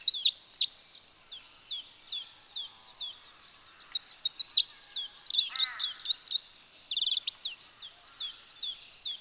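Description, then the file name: European goldfinch giving bright twittering calls, short rapid notes in bursts with a louder run of tinkling chirps near the middle and a lower descending note briefly heard. "Carduelis carduelis"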